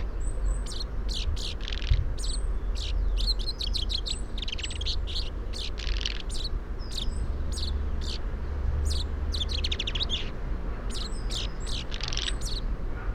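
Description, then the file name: Common chaffinch calls, brief high chips and clipped whistles arriving in loose bursts throughout, set against constant low-pitched background rumble. "Fringilla coelebs"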